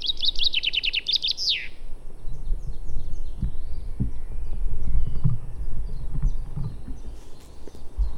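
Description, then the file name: Common chaffinch sings one quick run of repeated notes that slides downward into a terminal flourish, followed by soft scattered chirps of other birds over steady low rumble. "Fringilla coelebs"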